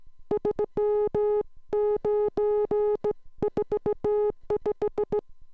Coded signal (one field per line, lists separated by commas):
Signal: Morse code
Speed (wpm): 16 wpm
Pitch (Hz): 420 Hz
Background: music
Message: 3945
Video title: Morse Code Class 09